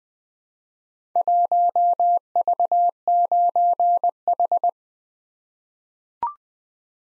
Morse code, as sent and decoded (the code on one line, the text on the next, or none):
.---- ...- ----. ....
1V9H